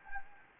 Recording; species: mosquito wingbeat signal from an infrared sensor; Anopheles gambiae